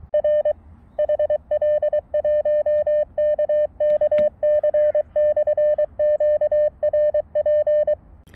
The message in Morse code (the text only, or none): R HL1KKC/QRP